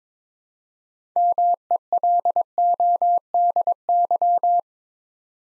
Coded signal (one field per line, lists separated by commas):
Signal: Morse code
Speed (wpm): 22 wpm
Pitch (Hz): 700 Hz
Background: none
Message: MELODY